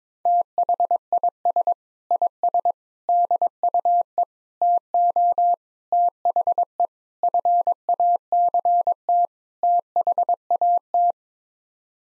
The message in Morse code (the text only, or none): THIS IS DUE TO THE FACT THAT